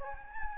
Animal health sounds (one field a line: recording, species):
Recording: mosquito wingbeat signal from an infrared sensor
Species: Anopheles gambiae